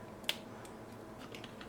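A plastic build-a-figure arm is pushed into the torso joint of a Marvel Legends Hulkbuster figure, giving one sharp, bright snap at 0.3 s as it clicks in and seats. Fainter small ticks follow near 1.4 s, 1.4 s and 1.6 s over a quiet background.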